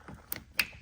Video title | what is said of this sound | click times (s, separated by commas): How To - Full Install Oracle Mirrors - C6 Corvette - With Link!!! | you hear a nice click | 0.3 s, 0.6 s